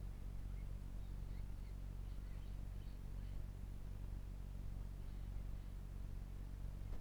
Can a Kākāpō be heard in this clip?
no